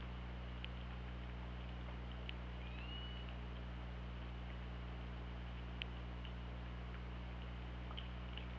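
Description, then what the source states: Orca whistle, a faint rising tone that bends upward and levels off, among scattered sharp clicks over steady low underwater hum and hiss. OrcaLab hydrophone, 24 August 2017, 19:18:41.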